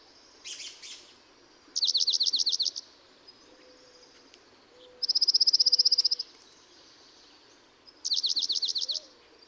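Dark-eyed junco trills: two sweeping-note trills and one flat, even trill, alternating with pauses, plus a brief burst of chips at the start.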